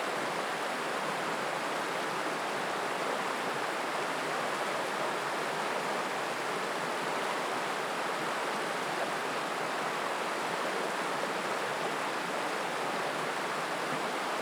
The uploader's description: Riverside & moutains PingTung, Taiwan